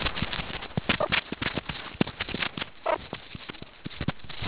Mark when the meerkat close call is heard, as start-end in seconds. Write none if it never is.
0.99-1.07, 2.84-2.98